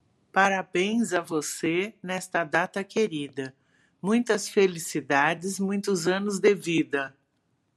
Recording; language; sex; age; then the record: short text; Brazilian Portuguese; female; 60 to 69 years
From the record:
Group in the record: control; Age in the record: 64 years